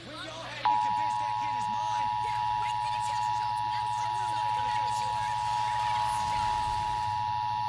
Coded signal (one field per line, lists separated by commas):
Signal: Emergency Alert System (SAME) tones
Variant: 853 and 960 Hz attention tone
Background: speech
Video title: Utah EAS Required Monthly Test - KUTV/KSL-TV/KMYU/KSTU, 5/14/2021